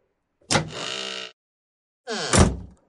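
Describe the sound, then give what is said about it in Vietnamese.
A house door opens as a middle-aged couple walks in: a sharp click gives way to a drawn-out creaking scrape, then after a short pause a second creak swells into a heavy thud. No one speaks. “Cửa nhà mở ra, một đôi vợ chồng tuổi trung niên bước vào”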